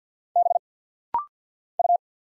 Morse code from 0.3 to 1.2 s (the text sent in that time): B